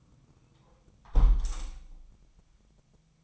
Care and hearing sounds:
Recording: daily activity, microphone in the room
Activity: close window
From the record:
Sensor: 1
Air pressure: 1004.7 hPa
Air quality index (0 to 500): 113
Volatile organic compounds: 4 ppm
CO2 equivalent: 1564 ppm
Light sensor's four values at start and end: 8/21/8/9 and 8/20/8/9

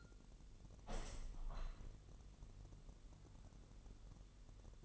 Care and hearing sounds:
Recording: daily activity, microphone in the room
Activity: open window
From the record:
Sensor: 4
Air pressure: 1001.2 hPa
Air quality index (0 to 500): 246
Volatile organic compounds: 43 ppm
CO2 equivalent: 3197 ppm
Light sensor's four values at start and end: 9/19/8/7 and 9/20/8/7

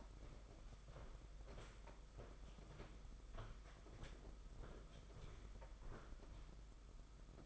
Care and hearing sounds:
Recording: daily activity, microphone in the room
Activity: walk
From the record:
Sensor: 5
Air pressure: 991.8 hPa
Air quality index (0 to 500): 160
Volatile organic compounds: 297 ppm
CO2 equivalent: 4475 ppm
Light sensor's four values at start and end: 32/108/40/43 and 32/107/40/42

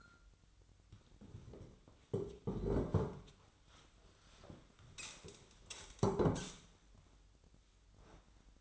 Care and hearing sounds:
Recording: daily activity, microphone in the room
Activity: sit down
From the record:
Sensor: 3

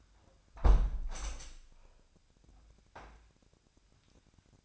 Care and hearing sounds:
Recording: daily activity, microphone in the room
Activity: close window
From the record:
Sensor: 2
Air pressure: 997.8 hPa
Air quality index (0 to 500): 129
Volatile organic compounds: 3 ppm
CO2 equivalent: 1449 ppm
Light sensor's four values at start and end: 11/32/13/12 and 11/32/13/12

